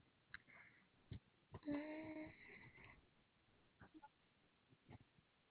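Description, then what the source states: Koala call: a brief harmonic wail lasting about half a second, among faint scattered clicks and rustles against a quiet hiss. Recorded 3 February 2021, around 7:16 PM.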